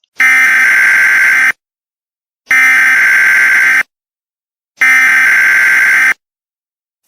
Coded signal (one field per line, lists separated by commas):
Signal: Emergency Alert System (SAME) tones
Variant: header bursts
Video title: EAS Scenario. 1st Day. Day II eas,emergency alert system,eas scenario,eas mock,mock